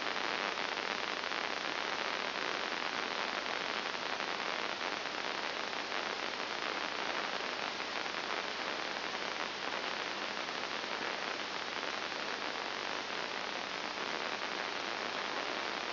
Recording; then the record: brain microelectrode recording played as sound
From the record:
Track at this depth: inside the subthalamic nucleus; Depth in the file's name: 4.502 mm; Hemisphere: left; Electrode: 2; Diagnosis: Parkinson's disease